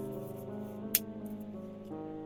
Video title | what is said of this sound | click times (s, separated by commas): Neca Frankenstein Color or Black & White & the Accessory Kit Unboxing, Assembly & Review Universal | and snap into place | 1.0 s